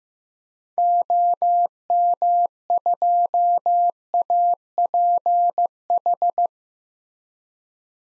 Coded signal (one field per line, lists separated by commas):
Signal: Morse code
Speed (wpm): 15 wpm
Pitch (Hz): 700 Hz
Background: none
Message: OM2APH